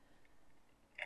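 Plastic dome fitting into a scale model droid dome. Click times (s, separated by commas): 1.0 s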